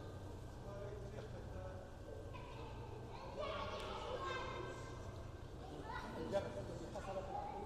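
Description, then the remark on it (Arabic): A steady jumble of children playing, with overlapping young voices calling and chattering over a constant low rumble and an occasional soft thump. “والله أنا أحب لعب البزرع لهي، أشغلني لعب الأطفال”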